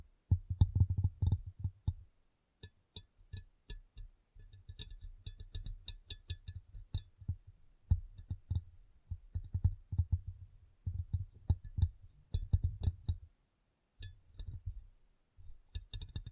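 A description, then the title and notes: Tapping and cleaning on a glass brain: irregular clusters of dull low knocks with sharp bright clicks, pausing briefly near two, eight and fourteen seconds. ASMR Glass Brain Tapping & Cleaning (No Talking).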